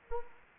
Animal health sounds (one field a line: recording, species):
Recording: mosquito wingbeat signal from an infrared sensor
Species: Anopheles arabiensis